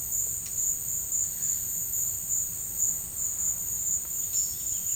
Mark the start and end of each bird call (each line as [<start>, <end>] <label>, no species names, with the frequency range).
[4.17, 4.96] bird call (1.9-5.8 kHz)